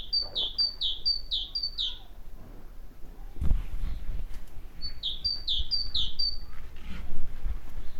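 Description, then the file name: Great tit song: two bouts of rapid two-note phrases, a high thin note then a lower one, repeated several times each, over low background rumble. "Parus major"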